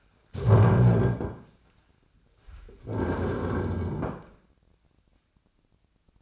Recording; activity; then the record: daily activity, microphone in the room; stand up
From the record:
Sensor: 2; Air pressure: 1009.1 hPa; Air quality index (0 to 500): 174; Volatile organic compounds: 2 ppm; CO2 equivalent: 1270 ppm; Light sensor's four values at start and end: 35/91/39/41 and 38/101/43/46